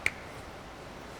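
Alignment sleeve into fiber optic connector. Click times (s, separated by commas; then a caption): 0.1 s. A replacement alignment sleeve is pushed into a fiber optic connector with the tool, giving one sharp snap at 0.1 s over a low, steady background. The sleeve is seated.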